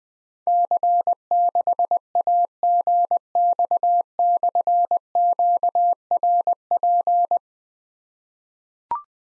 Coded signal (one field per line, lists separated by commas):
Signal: Morse code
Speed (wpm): 20 wpm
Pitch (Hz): 700 Hz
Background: none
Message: C6AGX/QRP